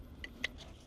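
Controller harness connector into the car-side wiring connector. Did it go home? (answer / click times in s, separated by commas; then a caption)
yes / 0.4 s. On a Porsche 997 911 GT3, the plastic connector on the Shiftpower Throttle Response Controller harness is pushed onto the car-side wiring plug. A faint tick comes at 0.2 s, then a sharper, brighter snap at 0.5 s. The connector snaps into place and is seated.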